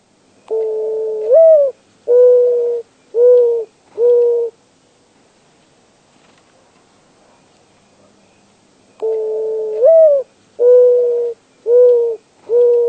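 Mourning dove giving its soft hooting coo twice, each phrase a rising note then three even low coos, separated by a long quiet pause.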